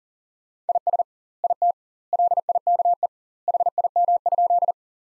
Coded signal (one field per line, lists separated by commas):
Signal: Morse code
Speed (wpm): 37 wpm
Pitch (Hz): 700 Hz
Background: none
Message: IS IT LIKE HIM?